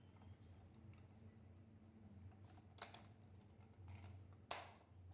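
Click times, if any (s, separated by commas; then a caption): 4.5 s. While reassembling a concealed flush tank's internal parts, a stopper piece that must not go past its mark is pushed into the cistern's internal valve assembly. Over a low steady hum, a couple of brief softer taps come around 2.8 and 3.0 seconds. A sharp click at 4.5 seconds marks the stopper locking into place.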